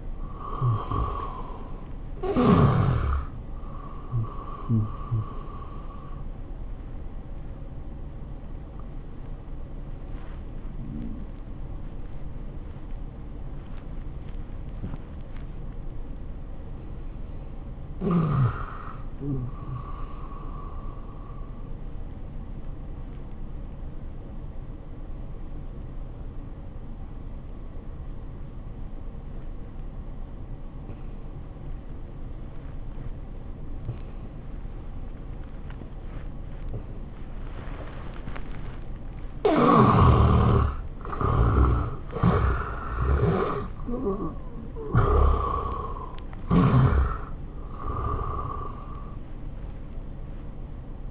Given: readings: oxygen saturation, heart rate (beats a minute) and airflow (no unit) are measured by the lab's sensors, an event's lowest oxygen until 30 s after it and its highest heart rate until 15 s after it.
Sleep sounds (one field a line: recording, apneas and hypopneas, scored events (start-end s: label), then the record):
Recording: breathing in sleep by a smartphone at the bedside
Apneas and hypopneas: 2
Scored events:
3.00-16.90 s: hypopnea (N1, oxygen 84% highest, then 83% lowest, heart rate 100 at the start, 100 highest)
15.00-45.00 s: new sleep stage, N2 (light sleep)
21.00-38.90 s: hypopnea (N2, oxygen 96% highest, then 75% lowest, heart rate 95 at the start, 97 highest)
45.00-51.11 s: new sleep stage, N1 (lightest sleep)
From the record:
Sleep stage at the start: N1 (lightest sleep)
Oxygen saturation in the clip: 76 to 96%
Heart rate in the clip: 76 to 100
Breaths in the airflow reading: 9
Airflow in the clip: -16.3 to 12.2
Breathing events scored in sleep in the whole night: 403 in 5.5 hours asleep